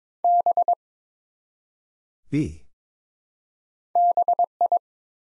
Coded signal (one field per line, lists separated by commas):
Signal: Morse code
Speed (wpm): 22 wpm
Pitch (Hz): 700 Hz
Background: none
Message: B BI